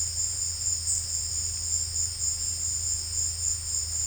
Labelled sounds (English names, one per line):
none